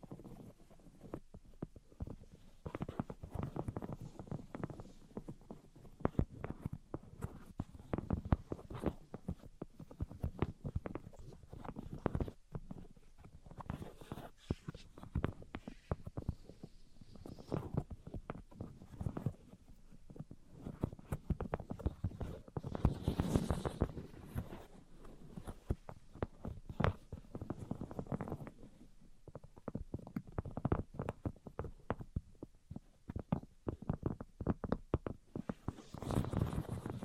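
Dense, irregular tapping and scratching sounds fill the whole recording, with soft low thumps and a brief louder rustling burst around 23 seconds.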